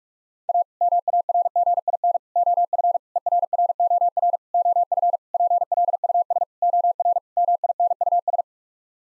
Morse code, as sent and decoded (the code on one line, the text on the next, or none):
.- / -- .- .-. --. .. -. / --- ..-. / . .-. .-. --- .-. / --- ..-. / .--. .-.. ..- ... / --- .-. / -- .. -. ..- ...
A MARGIN OF ERROR OF PLUS OR MINUS